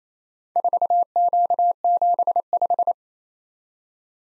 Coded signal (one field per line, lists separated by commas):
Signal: Morse code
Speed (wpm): 29 wpm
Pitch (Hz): 700 Hz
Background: none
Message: 4Q75